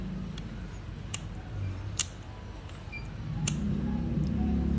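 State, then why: Seated. The plastic midframe of a Vivo Y12s, during an LCD replacement, is pressed down along its bottom, left and right edges so its clips snap into the phone body. Loud, sharp clicks are heard at 1.1, 2.0 and 3.5 seconds, with a few fainter ticks around them. The frame ends up firmly fitted.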